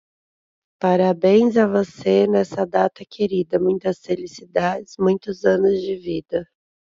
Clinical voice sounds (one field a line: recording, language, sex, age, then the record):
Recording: short text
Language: Brazilian Portuguese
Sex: female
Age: 30 to 39 years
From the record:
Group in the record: control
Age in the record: 37 years